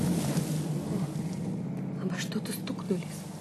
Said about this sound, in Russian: Тони, отведите машину подальше от шоссе. Помедленнее, Тони. Осторожно.